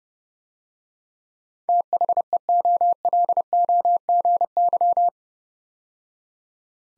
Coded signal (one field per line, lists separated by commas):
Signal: Morse code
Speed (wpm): 30 wpm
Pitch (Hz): 700 Hz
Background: none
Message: THEOLOGY